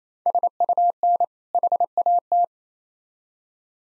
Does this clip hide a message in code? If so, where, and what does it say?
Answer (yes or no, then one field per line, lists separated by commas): yes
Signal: Morse code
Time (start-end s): 0.3-2.4 s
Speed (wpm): 27 wpm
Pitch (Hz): 700 Hz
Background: none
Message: SUN HAT